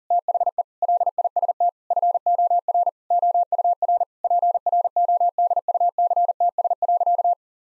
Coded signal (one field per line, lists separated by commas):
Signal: Morse code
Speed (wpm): 40 wpm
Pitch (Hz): 700 Hz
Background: none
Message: THE LIST FOR OUR PRODUCTS.